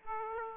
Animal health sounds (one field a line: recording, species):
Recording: mosquito wingbeat signal from an infrared sensor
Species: Aedes aegypti